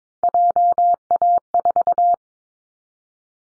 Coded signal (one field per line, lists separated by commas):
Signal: Morse code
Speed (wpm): 22 wpm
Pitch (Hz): 700 Hz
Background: none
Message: JA4